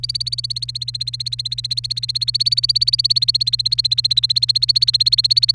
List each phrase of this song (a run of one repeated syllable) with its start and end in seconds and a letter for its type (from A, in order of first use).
0.00-5.55 A